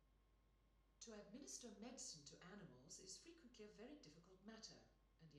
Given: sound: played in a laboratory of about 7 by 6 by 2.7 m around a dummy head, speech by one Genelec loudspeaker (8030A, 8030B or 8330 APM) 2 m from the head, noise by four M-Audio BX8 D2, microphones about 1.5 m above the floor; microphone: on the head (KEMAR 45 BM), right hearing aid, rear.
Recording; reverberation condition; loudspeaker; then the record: female speech in English; medium; 30 degrees to the right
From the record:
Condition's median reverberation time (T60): about 510 ms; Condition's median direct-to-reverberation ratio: about -0.5 dB